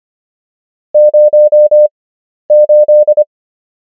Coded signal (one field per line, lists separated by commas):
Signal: Morse code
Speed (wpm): 25 wpm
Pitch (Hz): 600 Hz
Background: none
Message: 08